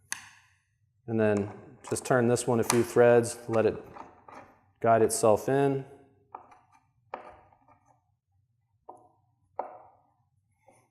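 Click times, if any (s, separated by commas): none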